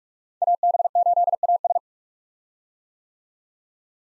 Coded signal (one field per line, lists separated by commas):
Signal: Morse code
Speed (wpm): 46 wpm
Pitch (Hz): 700 Hz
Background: none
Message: AB8AS